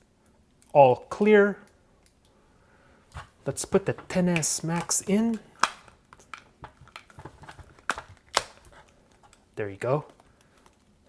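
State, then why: Seated. An iPhone XS Max is pressed into a Ringke Fusion clear hybrid case with a polycarbonate back and TPU bumper while someone talks. Several sharp clicks and taps are heard, and the strongest sharp snap at 7.9 s marks the phone seating fully in the case.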